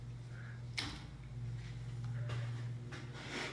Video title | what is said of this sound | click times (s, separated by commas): Wiring Kitchen Under-Cabinet Lights with Panduit Raceway | snaps down into place and just clicks in place when you're ready to close it. | 0.8 s